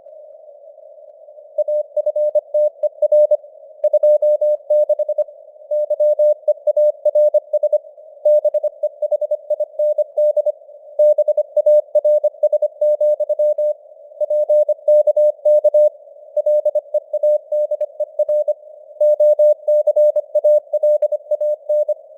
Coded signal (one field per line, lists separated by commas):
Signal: Morse code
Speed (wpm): 25 wpm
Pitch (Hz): 600 Hz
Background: none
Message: AFTER 26 YEARS BEHIND BARS, PKK LEADER OCALAN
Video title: Morse Code News | 2025-11-26 | 25wpm